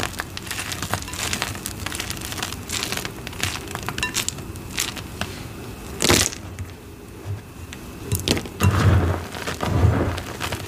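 Gym chalk is crushed under a rolling pin, giving a dense, continuous crackle of small gritty snaps over a low rumbling roll. Sharper bright crunches stand out near six seconds and again around nine to ten seconds, where the grinding swells louder.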